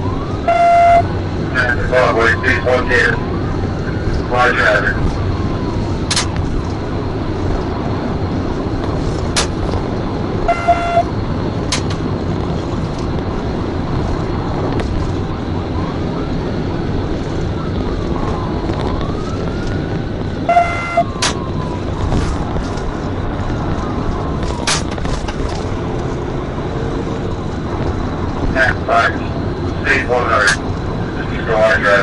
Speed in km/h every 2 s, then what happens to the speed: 182, 187, 177, 185, 185, 174, 182, 192, 187, 185, 166, 163, 166, 169, 171, 166.
0-15 steady at about 182. 15-22 brakes to 163. 22-32 steady at about 166.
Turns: none.